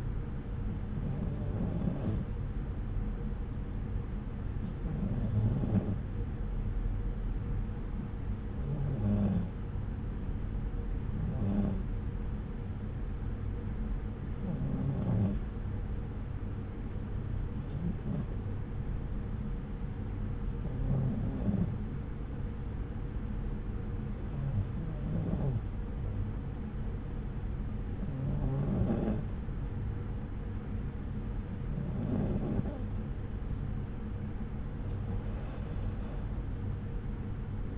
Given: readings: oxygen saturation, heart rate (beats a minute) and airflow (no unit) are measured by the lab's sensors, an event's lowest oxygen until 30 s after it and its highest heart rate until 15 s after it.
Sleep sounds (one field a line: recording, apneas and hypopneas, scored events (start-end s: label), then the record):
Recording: breathing in sleep by a smartphone at the bedside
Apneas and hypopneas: none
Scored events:
none scored
From the record:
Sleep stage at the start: N1 (lightest sleep)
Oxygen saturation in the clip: 94%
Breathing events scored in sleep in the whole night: 303 in 8.1 hours asleep